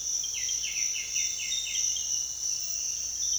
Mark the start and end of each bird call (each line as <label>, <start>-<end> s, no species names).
bird call, 0.15-1.84 s